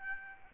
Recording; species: mosquito wingbeat signal from an infrared sensor; Aedes albopictus